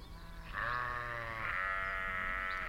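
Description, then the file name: Sheep bleating, one long wavering bleat with a rich harmonic tone, after a quiet start. Spring, Beacon Fell, Preston. "Spring birds song and sheep Beacon Fell Preston"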